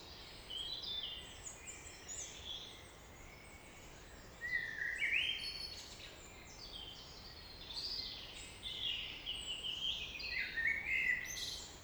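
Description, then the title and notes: Common blackbird song phrases, fluty and slightly rising, recurring every few seconds amid a busy chorus of high-pitched twittering birds. Early evening in April 2019 in the Traouiero valley, Trégastel, France; one blackbird singing with other birds; recorded with an ORTF stereo microphone pair. "Vallée des Traouiero, Trégastel, France - Blackbird song [Valley Traouïero]. yponomeutaneko"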